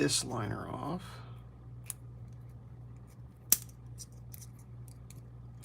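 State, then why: Released. Someone talks while prying a metal liner off the body of a small 58 mm Victorinox pocket knife multitool, where the liner is held by springs. At 3.5 s the liner comes free with one sharp snap from the spring tension, followed by faint small clicks of handling in a quiet background.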